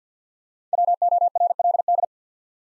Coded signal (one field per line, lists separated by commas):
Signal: Morse code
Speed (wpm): 50 wpm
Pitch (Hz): 700 Hz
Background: none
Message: WORLD